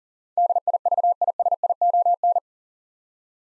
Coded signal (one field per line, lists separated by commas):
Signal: Morse code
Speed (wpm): 39 wpm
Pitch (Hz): 700 Hz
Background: none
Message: DIVISION